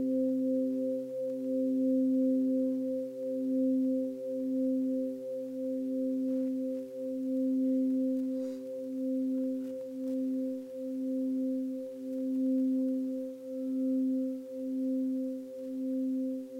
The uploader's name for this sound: Tibetan Singing Bowls